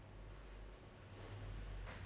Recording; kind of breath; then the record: one breath in and out by a microphone near the nose and mouth; normal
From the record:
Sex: male